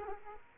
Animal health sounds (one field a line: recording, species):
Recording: mosquito wingbeat signal from an infrared sensor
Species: Aedes aegypti